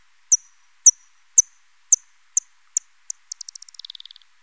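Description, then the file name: Soprano pipistrelle echolocation: evenly spaced high ticking pulses that speed up into a rapid buzzing run at the end. "Ppyg"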